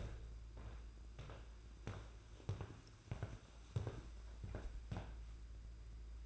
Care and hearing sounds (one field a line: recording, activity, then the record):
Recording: daily activity, microphone in the room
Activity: walk to room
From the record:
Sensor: 2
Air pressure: 991.9 hPa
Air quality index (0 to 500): 231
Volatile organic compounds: 1000 ppm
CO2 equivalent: 7760 ppm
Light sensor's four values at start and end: 18/59/23/21 and 15/48/19/18